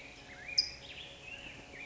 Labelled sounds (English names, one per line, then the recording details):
California Towhee
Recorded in Sonoma County, California